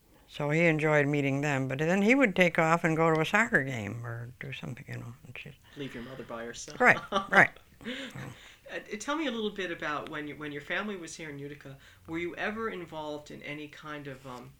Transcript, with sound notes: So he enjoyed meeting them, but then he would take off and go to a soccer game or do something, you know, and she'd...
Leaving your mother by herself.
Right, right. (laughs)
Tell me a little bit about when your family was here in Utica, were you ever involved in any kind of